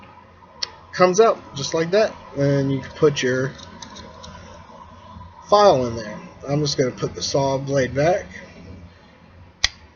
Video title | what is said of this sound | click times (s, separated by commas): EDC Review: Leatherman Surge | clicks into place and it's not moving until | 9.6 s